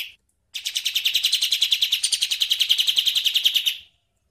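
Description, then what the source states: Bird song: a brief note, then a sustained rapid trill of high repeated chirps running for about three seconds before ending. Masteran bird sound, used for training birds.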